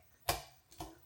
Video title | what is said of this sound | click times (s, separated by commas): Cute And Easy Diy Thanksgiving Place Cards With Cricut! | so what you want to do is come over here to your clamp a side and open that up and then you just want to push your scoring tool in until you hear it click | 0.3 s